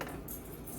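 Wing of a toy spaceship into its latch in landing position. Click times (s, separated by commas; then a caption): 0.0 s. A wing of a Star Wars TVC Slave 1 Boba Fett toy spaceship is pushed by hand into landing mode, and its plastic latch catches with a sharp click at 0.0 s. Quieter clattering follows, and the wing stays latched.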